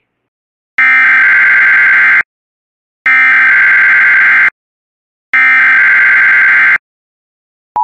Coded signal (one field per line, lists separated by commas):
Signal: Emergency Alert System (SAME) tones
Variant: header bursts